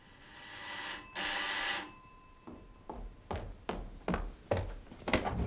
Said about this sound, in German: Da ist man zu Hause und da klingelt's plötzlich.